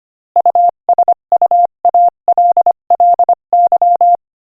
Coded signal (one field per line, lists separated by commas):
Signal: Morse code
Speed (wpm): 25 wpm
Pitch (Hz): 700 Hz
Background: none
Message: USUALLY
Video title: Morse Code Practice: 25 wpm Inspirational Quote 4